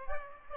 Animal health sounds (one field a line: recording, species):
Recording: mosquito wingbeat signal from an infrared sensor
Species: Aedes aegypti